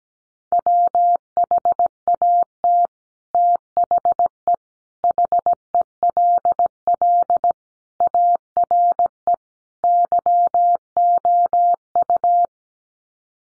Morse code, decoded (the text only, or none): WHAT THE HELL ARE YOU